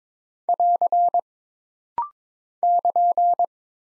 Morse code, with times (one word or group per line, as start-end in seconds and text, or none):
0.5-1.2 <AR>
2.6-3.5 <KN>